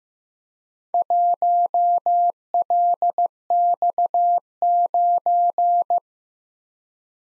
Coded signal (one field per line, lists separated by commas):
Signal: Morse code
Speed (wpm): 15 wpm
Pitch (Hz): 700 Hz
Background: none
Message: 1LX9